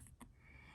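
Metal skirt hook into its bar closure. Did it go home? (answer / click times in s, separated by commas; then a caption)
yes / 0.2 s. A metal skirt hook with a locking notch is pushed onto its metal bar closure and hooks into itself. A faint tick comes at 0.1 s, then a sharp small metallic tick at 0.2 s as it snaps into place and seats. Someone talks.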